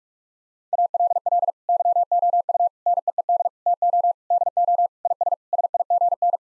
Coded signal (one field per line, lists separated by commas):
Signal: Morse code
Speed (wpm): 41 wpm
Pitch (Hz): 700 Hz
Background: none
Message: ALL YOU NEED TO DO IS SIGN